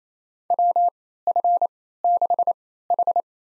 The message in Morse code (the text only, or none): WF6H